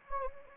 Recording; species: mosquito wingbeat signal from an infrared sensor; Anopheles gambiae